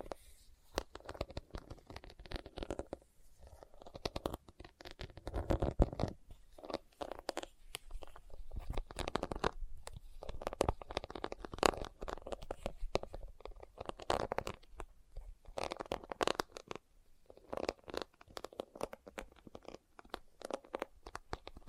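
Leather being tapped and scratched in dense, irregular bursts of sharp clicks and rasps, with brief pauses and a soft low rumble throughout.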